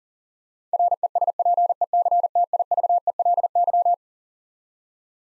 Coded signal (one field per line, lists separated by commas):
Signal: Morse code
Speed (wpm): 40 wpm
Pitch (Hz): 700 Hz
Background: none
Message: RESPECTIVELY